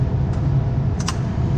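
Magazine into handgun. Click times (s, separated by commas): 1.1 s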